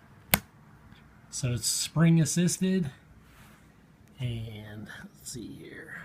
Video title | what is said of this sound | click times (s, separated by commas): Elk Ridge "Derlin" toothpick pocket knife | Okay, when you open it up, you can hear this snap. | 0.3 s